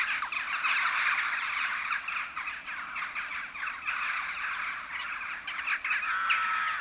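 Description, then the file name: Western jackdaws chattering at a roost: a busy wash of clipped, metallic calls from a large flock, with one clearer whistled note near the end. Jackdaws recorded at a communal roost. "Kauwenslaapplaats - luc de bruijn"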